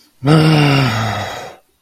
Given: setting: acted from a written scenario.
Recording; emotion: vocal sound without words; shame